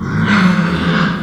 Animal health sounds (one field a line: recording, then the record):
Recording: squeal of a Yucatan mini pig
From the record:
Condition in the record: after surgery on the right vocal fold (resection and tissue-engineered implant)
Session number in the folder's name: 16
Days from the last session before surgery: 183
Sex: female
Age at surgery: 19 weeks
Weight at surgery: 25 kg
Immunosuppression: prednisolone